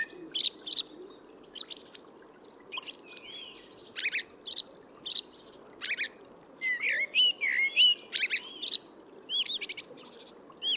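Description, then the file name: Eurasian blackbird song: short bursts of high twittering and a few lower warbled notes, spaced unevenly over ten seconds, with a soft steady background hiss. "Turdus merula"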